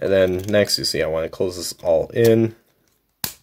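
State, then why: Seated. Someone talks while transforming a Transformers Legacy Evolution Deluxe Class Shadow Striker action figure into robot mode, then closes its plastic torso and back panels together. A sharp, loud click at 3.2 s marks the panels snapping shut and seating into place.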